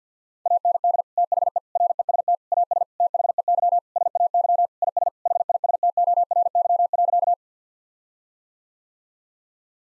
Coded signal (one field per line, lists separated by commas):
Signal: Morse code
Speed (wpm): 49 wpm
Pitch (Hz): 700 Hz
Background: none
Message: AND THE REST AS THEY SAY IS HISTORY.